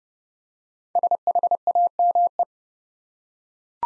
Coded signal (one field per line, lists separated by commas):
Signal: Morse code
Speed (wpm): 30 wpm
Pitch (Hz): 700 Hz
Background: none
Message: SHAME